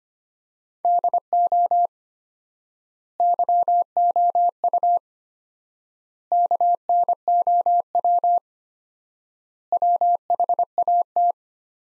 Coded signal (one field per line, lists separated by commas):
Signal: Morse code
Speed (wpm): 25 wpm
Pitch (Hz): 700 Hz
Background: none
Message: DO YOU KNOW WHAT